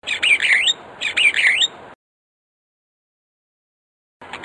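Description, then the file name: Starling song: two matching bursts of warbled, sweeping whistles about a second apart, then silence with a faint return at the end. "suara kicauan jalak afrika. omkicau"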